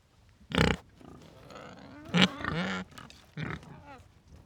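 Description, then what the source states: Pig squeals in three separate loud bursts, the middle one stretching into a wavering, drawn-out cry over low background noise. Pigs recorded in the Meuse.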